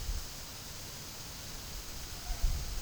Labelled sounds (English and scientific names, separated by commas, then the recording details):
none
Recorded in pastures near Puerto Asís, Putumayo, Colombia, on 27 June 2025 at 13:30
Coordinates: 0.497, -76.327
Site G040